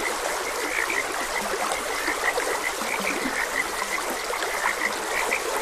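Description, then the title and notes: Frogs croaking with repeated short chirps and a few low croaks, all over a steady babble of flowing water. Frogs croaking beside a gentle stream. "Gentle Stream and Frogs Croaking. Sleep and Relaxation Podcast"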